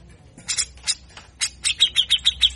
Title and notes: MASTERAN CUCAK JENGGOT GACOR FULL BESETAN KASAR DURASI PANJANG !!!. Masteran Dan Pancingan Cucak Jenggot Gacor Mbeset Ngepik rapat. Burung cucak jenggot